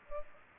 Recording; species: mosquito wingbeat signal from an infrared sensor; Culex pipiens